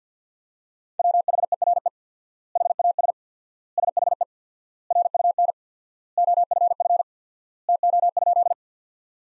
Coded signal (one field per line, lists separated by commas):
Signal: Morse code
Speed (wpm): 50 wpm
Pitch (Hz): 700 Hz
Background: none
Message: WHERE HAS SHE RUN OFF TO?